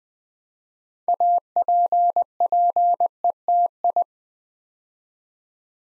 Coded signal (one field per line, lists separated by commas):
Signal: Morse code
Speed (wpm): 20 wpm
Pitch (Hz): 700 Hz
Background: none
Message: APPETI